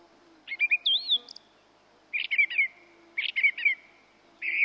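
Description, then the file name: Song thrush song: a whistled, wavering phrase, then a scratchy chattering phrase repeated twice at roughly one-second intervals, with another beginning at the end. "turdus philomelos"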